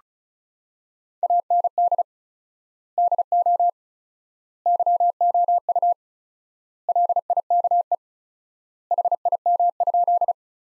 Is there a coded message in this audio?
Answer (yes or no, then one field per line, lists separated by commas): yes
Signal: Morse code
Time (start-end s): 1.2-10.3 s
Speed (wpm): 36 wpm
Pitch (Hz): 700 Hz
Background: none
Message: AND DO YOU LIKE HIM?